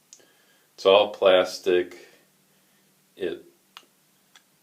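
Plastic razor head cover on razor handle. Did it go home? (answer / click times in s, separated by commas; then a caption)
released / 3.8 s, 4.4 s. Someone talks as the hinged cover on the head of an all-plastic Rimei disposable-style razor is clicked open to take a blade. Two short, sharp plastic clicks sound at 3.8 s and 4.4 s, and the cover is released open.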